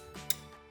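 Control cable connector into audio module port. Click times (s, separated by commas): 0.3 s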